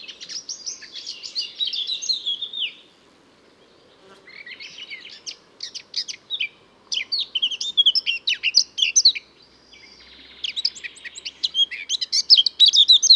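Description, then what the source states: Bird singing a quick jumble of high, scratchy chirps and warbles with no repeated motifs, pausing around three and ten seconds before resuming. Song without repeated motifs, recorded on Mallorca.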